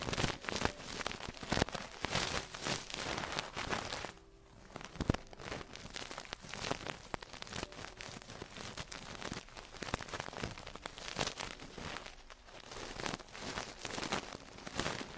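Traditional Chinese ear cleaning: a dense, continuous crackling and scratching like rain pattering, rising and falling in rough bursts. Sharper clicks stand out around 1.5, 5 and 8 seconds, and the scraping briefly thins out near 4 and 12 seconds.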